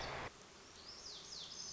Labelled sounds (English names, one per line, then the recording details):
Lazuli Bunting
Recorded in Sonoma County, California